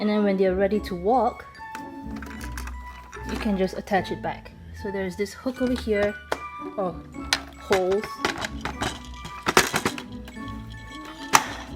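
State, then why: Seated. A detachable plastic activity center panel from a VTech Learning Walker is hooked back onto the walker frame and pushed until it clicks into place at 11.4 s. Someone talks while toy music plays, with a few light knocks and clinks as the panel is handled. The panel ends up seated in the walker frame.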